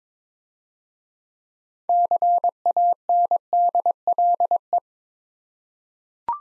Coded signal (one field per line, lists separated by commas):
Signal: Morse code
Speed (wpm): 22 wpm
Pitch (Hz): 700 Hz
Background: none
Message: CANDLE